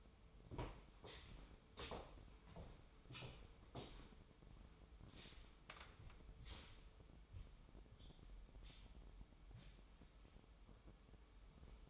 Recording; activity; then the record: daily activity, microphone in the room; walk to room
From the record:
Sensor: 1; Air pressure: 988.2 hPa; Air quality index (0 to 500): 196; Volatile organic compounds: 931 ppm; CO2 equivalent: 5231 ppm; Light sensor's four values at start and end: 26/96/36/38 and 26/97/37/39